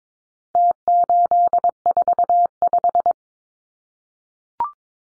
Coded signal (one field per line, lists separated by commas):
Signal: Morse code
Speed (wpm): 22 wpm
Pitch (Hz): 700 Hz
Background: none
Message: T845